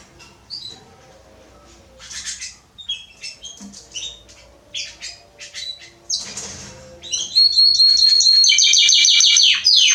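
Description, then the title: Canary song, scattered chirps and short notes at first, then a loud continuous rapid trill with descending sweeps in the last seconds. Male Belgian canary singing a lot, used to warm up young canaries; named Canário Pastinha. "Esquente Seu Filhote E Canario Belga Em 30 Minutos Macho Cantando Muito. Esquente seu canrio belga em 30 minutos - Canrio Pastinha cantando"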